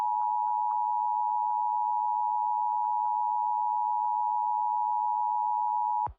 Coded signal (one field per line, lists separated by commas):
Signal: Emergency Alert System (SAME) tones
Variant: 853 and 960 Hz attention tone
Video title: (eas scenario recreation) THE ORPHAN SOURCE (i was lazy asf)